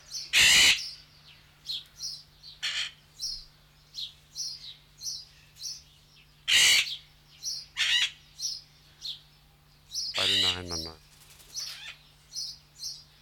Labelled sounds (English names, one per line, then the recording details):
Golden-collared Macaw
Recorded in captivity
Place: Zoo Berlin, Berlin, DE
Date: 1995-02-25 10:37
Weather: wolkig, 3°C
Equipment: Marantz CP 430, Sennheiser ME 80, Kopie Uher Variocord 263
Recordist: Tembrock, Günter